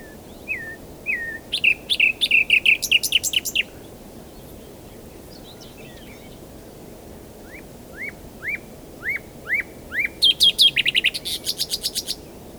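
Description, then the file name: Common nightingale song: rapid rattling trills and clicks, a quiet pause, then a series of rising whistled notes building into another fast metallic trill. "Luscinia megarhynchos"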